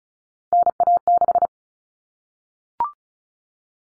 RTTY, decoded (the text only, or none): none